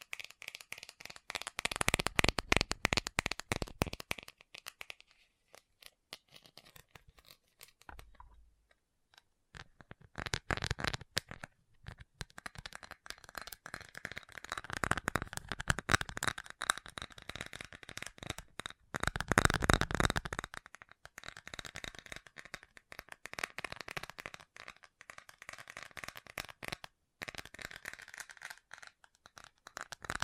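Fast tapping runs through most of the half minute as dense, rapid clicks with a crisp, bright edge. The tapping comes in bursts, loudest around two to four seconds and again near nineteen to twenty, with a near-silent gap around eight to nine seconds.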